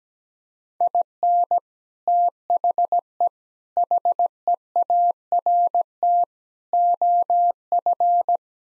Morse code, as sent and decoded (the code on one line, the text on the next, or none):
.. -. / - .... . / .... . .- .-. - / --- ..-.
IN THE HEART OF